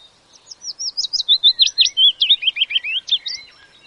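Willow warbler giving a full sweet cascading phrase of rapid whistled notes, steady and clear, softening slightly toward the end.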